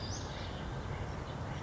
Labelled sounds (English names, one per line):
Western Flycatcher